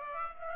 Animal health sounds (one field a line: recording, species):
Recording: mosquito wingbeat signal from an infrared sensor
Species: Aedes aegypti